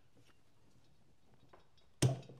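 A torque wrench tightens a nut during an engine rebuild. After a quiet stretch with a faint tick near 1.5 s, a sharp click rings out at 2.0 s and decays quickly as the wrench reaches its set torque. The click confirms the nut is tightened to the set torque.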